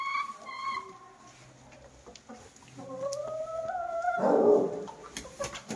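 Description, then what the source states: Chicken giving a few clear clucks, then a long rising drawn-out call, followed by a noisy burst of rustling. Hens cackling while eating in the recordist's own henhouse.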